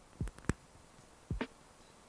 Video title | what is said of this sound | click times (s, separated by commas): LET'S BUILD A GUNDAM! (Insane Model Kit) | I think that was a bit of a click and now we'll get a creek putting these together clicking a creek | 0.5 s